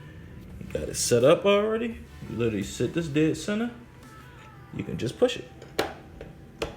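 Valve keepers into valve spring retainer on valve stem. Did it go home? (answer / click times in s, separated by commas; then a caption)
yes / 5.8 s, 6.6 s. Someone talks while a push-type valve spring compressor on a cylinder head presses the steel valve spring retainer down onto the valve stem. Sharp clicks at 5.8 s and 6.6 s are the two steel keepers snapping into the groove on the valve stem, and the keepers are seated in the retainer.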